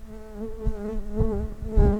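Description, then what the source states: Common carder bee buzzing, a steady low droning hum rich in overtones that swells in short louder surges near the middle and end. Worker bees.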